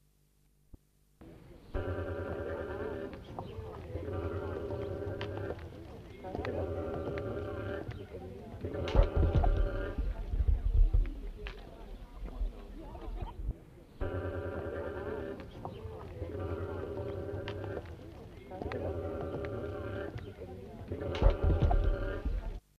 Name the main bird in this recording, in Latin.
Casuarius unappendiculatus